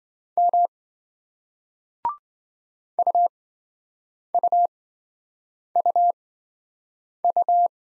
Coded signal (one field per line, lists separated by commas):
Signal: Morse code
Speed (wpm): 26 wpm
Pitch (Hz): 700 Hz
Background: none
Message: M UUUU